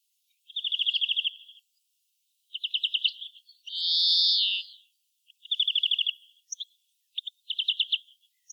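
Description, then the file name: European greenfinch alternating rapid rattling trills with a single long nasal wheeze, the trills coming in bursts every second or two with short gaps between. "Chloris chloris"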